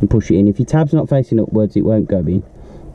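A crimp terminal pin is held tab-up at a plastic instrument cluster connector housing, part of retrofitting a 2017 facelift instrument dial cluster into a 2013 BRZ with push button start; the tab must face upward for the pin to go in. Someone talks almost continuously for about 2.4 seconds, then only faint low background noise remains. The pin has not seated or clicked into the housing yet.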